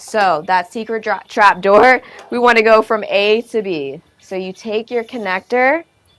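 A labeled cable connector is handled at port A of a portable power station, going from A to B through a trap door, while a woman talks throughout. Only faint, quiet sounds come at the very end, and nothing has seated or clicked yet.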